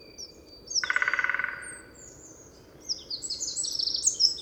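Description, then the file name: Eurasian wren: a brief harsh buzzing burst, then a high, rapid trilling phrase begins and continues to the end. "Troglodytes troglodytes"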